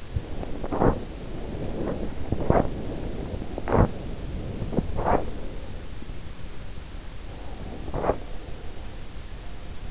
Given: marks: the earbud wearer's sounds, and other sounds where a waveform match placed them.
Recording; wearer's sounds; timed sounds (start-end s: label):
sounds in sleep by an in-ear microphone; body movement
0.00-8.25 s: body movement